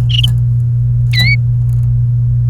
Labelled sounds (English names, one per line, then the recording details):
Domestic Canary song
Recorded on 28 April 2018 at 16:09
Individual llb3